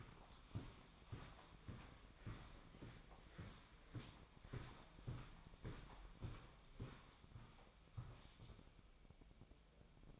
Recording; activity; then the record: daily activity, microphone in the room; walk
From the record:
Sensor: 1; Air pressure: 1009.3 hPa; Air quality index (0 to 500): 188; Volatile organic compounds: 4 ppm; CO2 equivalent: 1584 ppm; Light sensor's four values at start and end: 52/140/58/70 and 51/136/56/68